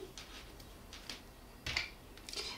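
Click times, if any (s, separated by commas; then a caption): 1.8 s. A plastic locking washer is pushed onto the stem of a plastic safety eye through the crocheted fabric of an amigurumi triceratops dinosaur toy. Soft scraping and rustling bursts come at about 0.2 s and 0.9–1.1 s. A sharp click at 1.8 s marks the washer clipping on, followed by more light handling noise around 2.3 s.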